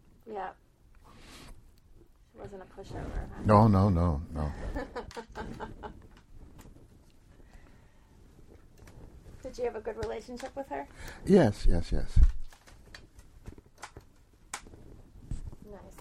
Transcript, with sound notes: Yep. She wasn’t a pushover, huh?
No, no, no, no, no.
[Laughs] Did you have a good relationship with her?
Yes, yes, yes.
Nice.